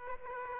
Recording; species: mosquito wingbeat signal from an infrared sensor; Aedes aegypti